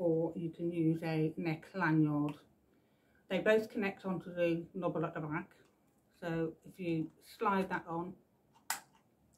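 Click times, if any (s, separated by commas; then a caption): 8.7 s. A neck lanyard or belt clip attachment is slid onto the knob at the back of a plastic Phonak Roger Inspiro wireless microphone transmitter while someone talks. A short, sharp click at 8.7 seconds marks the attachment seating into place.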